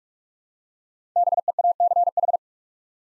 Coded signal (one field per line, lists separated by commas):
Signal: Morse code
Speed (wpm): 44 wpm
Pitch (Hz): 700 Hz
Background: none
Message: BEACH